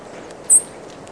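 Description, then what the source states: Song sparrow giving one very high, thin, brief note over faint steady background noise. Recorded in New York.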